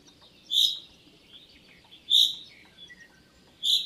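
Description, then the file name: Common chaffinch calling with three loud, clipped, high notes about one and a half seconds apart; softer chirps sound faintly between them. "Fringilla coelebs"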